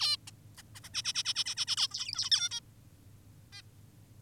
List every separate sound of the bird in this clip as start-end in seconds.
0.00-0.17, 0.27-0.31, 0.58-0.62, 0.75-0.80, 0.84-0.89, 0.94-1.02, 1.04-1.13, 1.15-1.23, 1.25-1.34, 1.36-1.44, 1.46-1.55, 1.57-1.66, 1.67-1.76, 1.77-1.88, 1.91-2.30, 2.32-2.49, 2.51-2.60, 3.53-3.62